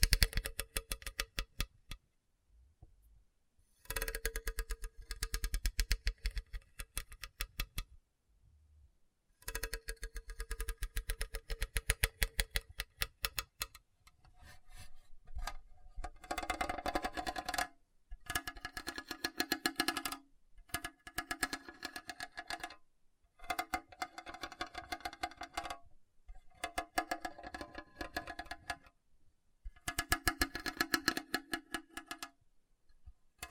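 Hard, bumpy scratching comes in bursts of dense, rapid clicks and rasps, each lasting a few seconds and separated by short silences. Early passages carry a low rumble beneath the scraping, while later strokes ring with a steadier mid-pitched tone.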